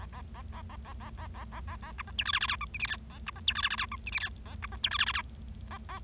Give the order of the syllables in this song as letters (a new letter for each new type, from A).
A A A A A A A A A A A A B C D E F F G H I J K A B C D E F F G H I J K A B C D E F F G A A